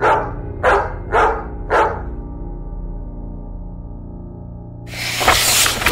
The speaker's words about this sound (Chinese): 他发现村庄一个人都没有，只有远处不断传来的狗吠声，此起彼落。